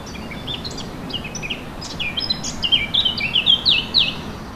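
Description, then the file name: Warbler song, a rapid chattering phrase of high, jumbled notes that grows louder toward the end, over a steady low background hiss. Portable MiniDisc recorder; 5 April 2014. "Fauvette 5 04 14"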